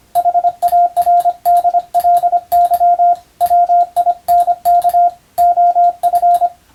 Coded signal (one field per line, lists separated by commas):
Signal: Morse code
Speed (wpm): 25 wpm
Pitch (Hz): 700 Hz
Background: radio noise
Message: HARDLY WINK OF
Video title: 無線従事者国家試験総合無線通信士電気通信術のトレーニングにＣＷを打ってみました。アマチュア無線ハムの受信練習にもどうぞ(morse code practice for radio operator )